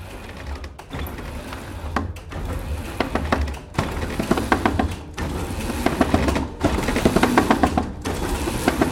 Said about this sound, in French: Reconnaître une cloche, mais avant ça craque. Qu'est-ce qui craque ? C'est le beffroi. Donc ce qu'on a entendu, c'est le beffroi de la cathédrale de Sens.